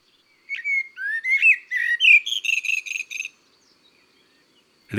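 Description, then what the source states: Common blackbird song: a few mellow whistled notes rising in pitch, then a quick run of repeated buzzy high notes before silence. February.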